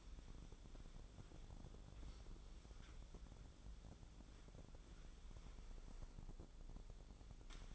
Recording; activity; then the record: daily activity, microphone in the room; wipe stove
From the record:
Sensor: 5